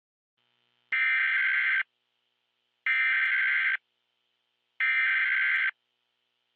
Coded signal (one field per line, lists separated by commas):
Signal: Emergency Alert System (SAME) tones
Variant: header bursts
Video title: EAS: Blizzard